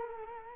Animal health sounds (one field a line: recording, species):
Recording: mosquito wingbeat signal from an infrared sensor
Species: Culex quinquefasciatus